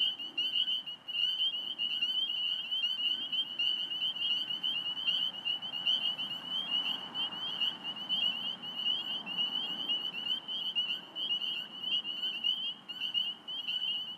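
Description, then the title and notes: Spring peepers give an unbroken chorus of bright, shrill peeps over a low rushing background. Several calling in recently mowed cattail and grass habitat, Alexandria, Virginia, USA, 27 March 2017, 8:06 pm, traffic in background, recorded with phone. "Spring Peepers calling despite their habitat having been recently mowed down (cattails, grasses). Traffic noises in background from Fort Hunt Rd. Alexandria, VA. Recorded 032717 at 8:06pm"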